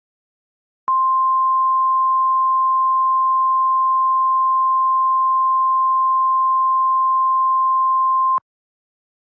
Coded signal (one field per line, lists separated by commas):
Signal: Emergency Alert System (SAME) tones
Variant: 1050 Hz attention tone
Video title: (150 Subscriber Special) EAS Scenario - Superstorm